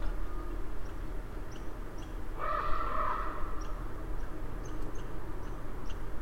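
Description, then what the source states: Raven giving a single drawn-out, hoarse call lasting under a second, over steady low rumbling background noise with faint high ticking. Recorded 9 October 2008.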